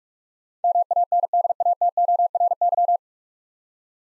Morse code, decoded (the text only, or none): MANDATORY